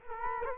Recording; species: mosquito wingbeat signal from an infrared sensor; Culex quinquefasciatus